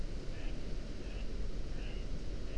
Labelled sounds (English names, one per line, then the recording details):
Mallard
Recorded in Germany
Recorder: ecoPi